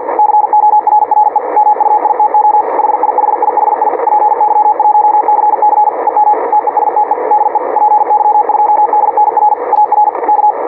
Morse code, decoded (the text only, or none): CORRE MUITO HIHIHI PY1CC EM TESTE DE PY2DNR AR K